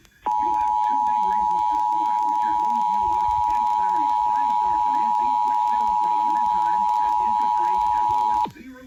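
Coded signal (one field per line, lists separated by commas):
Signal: Emergency Alert System (SAME) tones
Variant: 853 and 960 Hz attention tone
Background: speech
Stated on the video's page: Texas Required Monthly Test recorded off Fort Worth stations including WBAP-AM 820 kHz and several FM stations.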